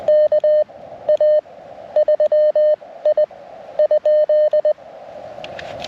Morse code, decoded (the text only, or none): KA3I ?